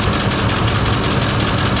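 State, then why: Not seated. The electrical connector on the cylinder four ignition coil, at the back of the engine, is loose and pops right off while being handled, failing to snap in place. A steady engine hum, likely idling, fills the clip with no sharp sounds. The connector has not clicked or seated.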